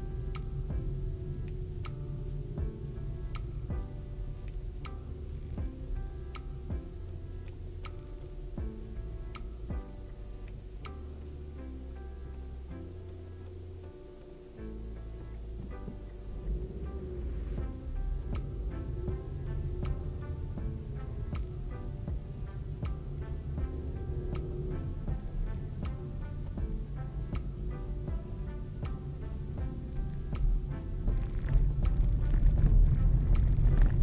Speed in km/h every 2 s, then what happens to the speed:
17, 14, 10, 9, 6, 2, 0, 0, 0, 0, 13, 17, 20, 20, 21, 20, 22.
0-10 slows to 2. 10-18 standing. 18-21 pulls away to 17. 21-34 steady at about 20.